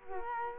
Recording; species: mosquito wingbeat signal from an infrared sensor; Culex quinquefasciatus